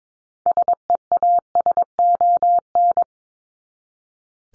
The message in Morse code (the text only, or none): SEASON